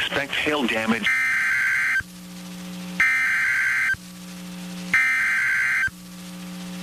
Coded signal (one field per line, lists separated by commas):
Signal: Emergency Alert System (SAME) tones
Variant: header bursts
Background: speech